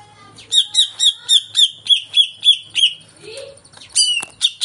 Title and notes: Pancingan CUCAK IJO Mau Di Gantang. Cucak Ijo Gacor